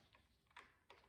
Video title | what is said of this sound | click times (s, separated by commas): Watch This If Your Toyota Camry Rear Door Locks Stopped Working! | They click in place. | 0.9 s